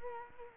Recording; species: mosquito wingbeat signal from an infrared sensor; Culex quinquefasciatus